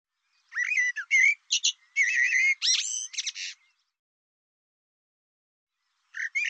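Bird giving one long phrase of varied whistles, squawks and buzzy notes lasting about three seconds, then a brief new start near the end.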